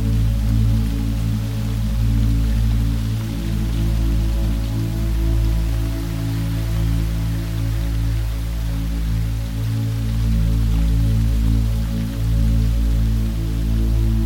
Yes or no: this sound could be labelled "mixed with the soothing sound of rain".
yes